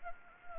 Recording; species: mosquito wingbeat signal from an infrared sensor; Anopheles gambiae